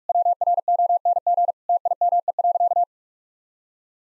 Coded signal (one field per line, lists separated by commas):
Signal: Morse code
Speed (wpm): 46 wpm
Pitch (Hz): 700 Hz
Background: none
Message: WRONG TIME.